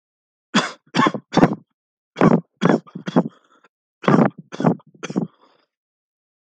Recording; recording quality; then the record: heavy voluntary cough; moderate, slight background noise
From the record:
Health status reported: healthy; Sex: male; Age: 25 years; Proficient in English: yes